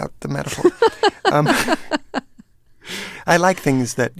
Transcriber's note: soundbite of laughter